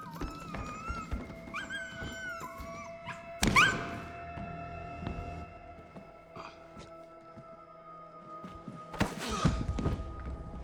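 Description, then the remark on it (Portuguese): A dog gives two sharp, loud barks several seconds apart, with high, wavering whine-like tones drifting beforehand and a low steady hum underneath. “Faz esse cachorro ficar quieto!”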